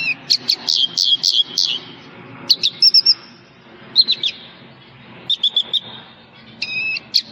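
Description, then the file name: Javan bush lark giving bursts of high chirps and short twittering phrases over steady low background rumble. "suara burung branjangan jawa"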